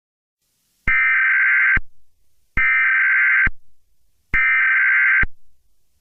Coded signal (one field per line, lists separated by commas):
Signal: Emergency Alert System (SAME) tones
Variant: header bursts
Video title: EAS Scenario #26: BEES!